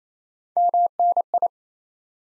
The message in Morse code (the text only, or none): MNI